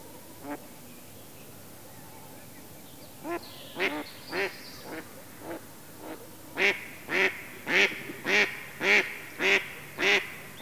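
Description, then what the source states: Mallard quacking: a few scattered quacks, then a steady run of louder, harsh quacks repeated nearly twice a second. Mallard duck quacking.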